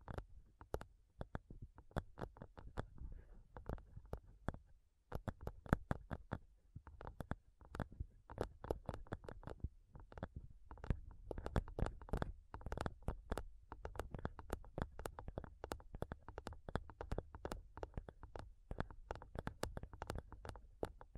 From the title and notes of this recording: ASMR INTENSE MIC TAPPING Sounds Using Nails (no talking).